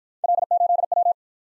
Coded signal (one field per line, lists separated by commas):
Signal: Morse code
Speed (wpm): 52 wpm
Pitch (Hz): 700 Hz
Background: none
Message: L8W